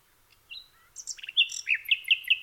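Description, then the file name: Common nightingale song: a thin whistle, then a rapid series of loud, sharp repeated notes in a fast rhythmic volley, with no other sounds. "nachtegaal"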